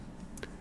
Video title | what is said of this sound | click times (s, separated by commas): 1970 Plymouth Duster Funny Car 1:24 Scale Revell 4528 -Model Kit Build & Review | going to snap that into position now | 0.4 s